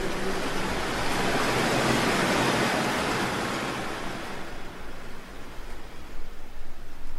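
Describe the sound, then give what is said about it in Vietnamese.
A single ocean wave surges in with a broad, hissing roar that swells over the first few seconds, then slowly subsides into a softer wash of foam and water. “Cả quá trình ấy kéo dài suốt mấy phút đồng hồ, rồi con sóng lại ập đến, từ từ dịu đi.”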